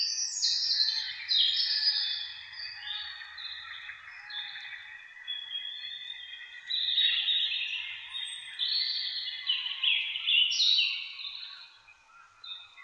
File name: Boomkikkers bij Witteveen - luc de bruijn